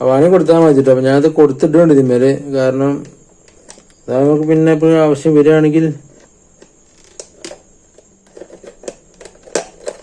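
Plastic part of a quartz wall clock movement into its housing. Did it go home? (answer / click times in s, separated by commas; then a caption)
yes / 9.5 s. A plastic part of a quartz wall clock movement is pressed into its housing while someone talks during the first six seconds. Quiet handling clicks follow, then the part snaps and locks with the loudest, sharpest click at 9.5 seconds.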